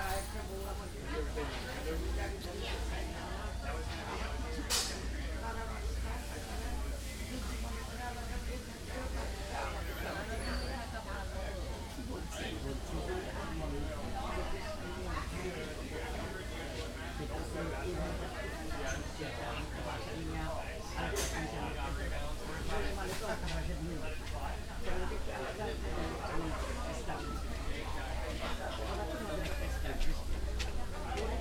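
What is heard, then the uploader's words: Lunch at a busy market: a dense, steady babble of many overlapping voices fills the space, with no single speaker standing out. Low rumble sits underneath, and brief clinks and clatters from cooking and dishes punctuate it, notably around five, twelve and twenty-one seconds. At a busy market diners enjoy lunch and chatter while cooks make delicious food. Recorded on a zoom h1n. Lunch at the busy market.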